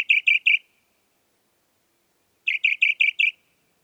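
Northern mockingbird song: a quick burst of three clear chirps, a pause of nearly two seconds, then five similar chirps in a row.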